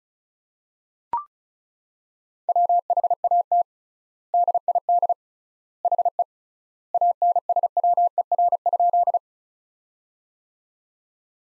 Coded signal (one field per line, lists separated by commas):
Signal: Morse code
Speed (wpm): 36 wpm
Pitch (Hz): 700 Hz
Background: none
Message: WHAT DID HE ANSWER?